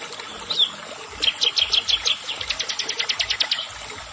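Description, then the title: Bar-winged prinia song: a chirp, then a fast run of high, sharp notes before stopping. "Ciblek Sawah"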